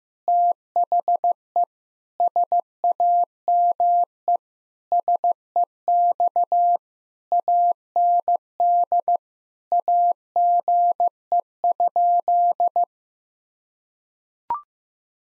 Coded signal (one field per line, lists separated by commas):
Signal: Morse code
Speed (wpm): 15 wpm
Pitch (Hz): 700 Hz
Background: none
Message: THE SAME SEX AND AGE?